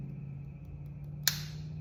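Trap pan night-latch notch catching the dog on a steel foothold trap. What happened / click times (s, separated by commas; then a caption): The steel trap latch snapped into its catch / 1.3 s. A set steel foothold trap has its pan pulled slowly down until the dog drops into the notch filed into the pan, the night latch. Over a steady low hum, one sharp, bright click sounds at 1.3 s as the night latch snaps into place. The trap is seated and ready.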